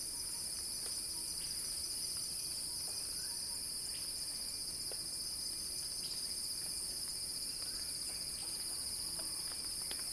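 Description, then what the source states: Cicada drones in a steady, intense high hiss with a slight pulsing texture and sparse soft clicks. Cicada song in a crescendo, recorded by Axel Drioli for Earth.fm's Sounding Wild.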